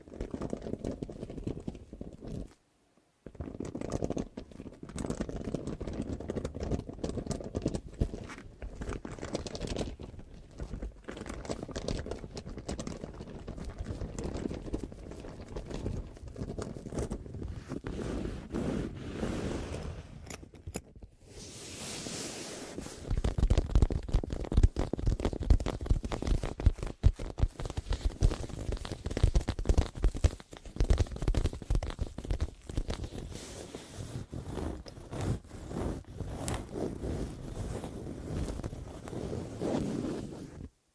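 Deep ear crinkles and scratchy massage sounds crackle densely and low throughout, briefly pausing near three seconds and turning louder and brighter after twenty-two.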